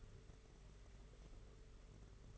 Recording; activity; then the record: daily activity, microphone in the room; take from stove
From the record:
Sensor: 4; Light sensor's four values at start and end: 21/75/27/29 and 21/74/27/29